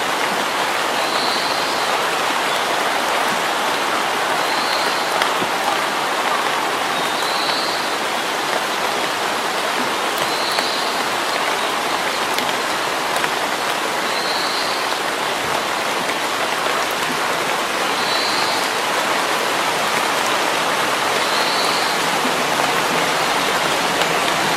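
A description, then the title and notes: Steady, dense rain hisses through the forest without pause, while a high, thin bird note repeats every few seconds above it. Rainy days in the forest in early summer.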